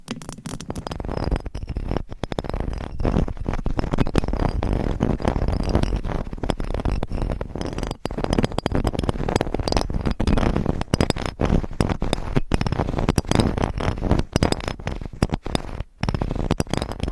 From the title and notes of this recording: ASMR Hypnotic Triggers Changing Every 60 Seconds Scratching , Tapping , Massage etc No Talking.